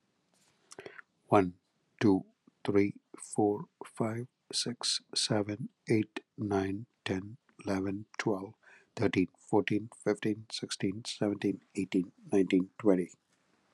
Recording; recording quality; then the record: counting at a normal pace; excellent, no background noise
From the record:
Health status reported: healthy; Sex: male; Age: 50 years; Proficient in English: yes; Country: United States